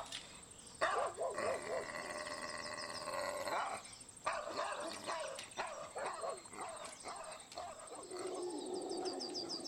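A large molosser-type dog barks furiously and keeps going, harsh barks mixed with wavering, high-pitched yelps and whines at a fairly steady loudness throughout.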